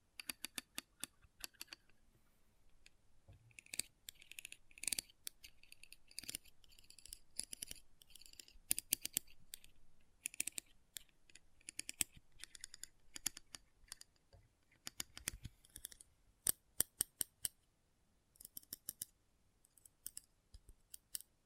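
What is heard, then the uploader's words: Magnetic tingles play as dense, crisp clicks and snips in irregular bursts throughout, bright and sharp, with louder clusters near 9 and 16 seconds. ASMR Intense Magnetic Tingles (No Talking).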